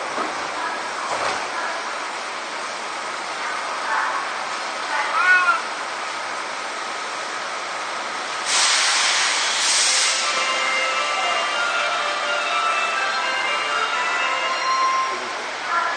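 A Seibu 6000 series train runs with a steady hiss and a thin whine, growing louder after eight seconds as wavering squeals appear.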